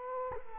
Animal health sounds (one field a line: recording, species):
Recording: mosquito wingbeat signal from an infrared sensor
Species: Culex quinquefasciatus